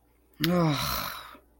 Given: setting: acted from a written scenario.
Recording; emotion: vocal sound without words; shame